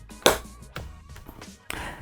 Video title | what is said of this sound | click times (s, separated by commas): Cardo FREECOM4+: Complete Tutorial | that click you heard is important. | 0.3 s